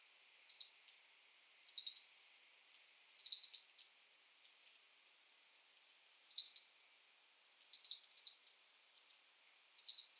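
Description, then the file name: European robin ticking: fast rattling clusters of high notes separated by pauses, a thin seep here and there. "Erithacus rubecula"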